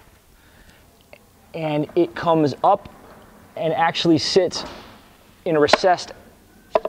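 A new transmission filter, its O-ring lubed with transmission fluid, is handled toward its recessed spot in the valve body of a Mercedes-Benz 722.6xx transmission, to go in at an angle. Someone talks in three bursts, with a faint tick near 1.1 s and two short sharp ticks near 6.8 s at the very end. The filter has not seated or clicked into place yet.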